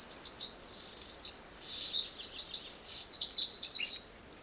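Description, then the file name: Eurasian wren song, one loud fast burst of high ringing trills and chattering notes lasting about four seconds, then ending abruptly. "Troglodytes troglodytes"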